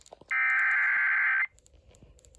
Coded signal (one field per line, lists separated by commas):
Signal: Emergency Alert System (SAME) tones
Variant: header bursts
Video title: EAS #2,067: Tornado Warning on CET (REUPLOAD)